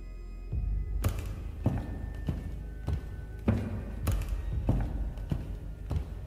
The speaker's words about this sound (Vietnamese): Đột nhiên ở ngoài có tiếng bước chân vang lên.